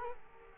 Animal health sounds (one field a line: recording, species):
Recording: mosquito wingbeat signal from an infrared sensor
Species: Culex quinquefasciatus